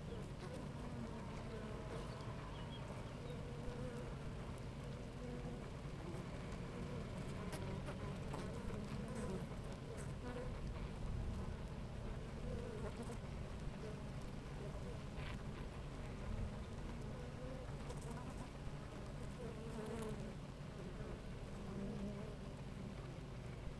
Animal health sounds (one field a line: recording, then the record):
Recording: honeybee colony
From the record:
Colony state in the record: active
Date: 28 July 2017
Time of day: 10:18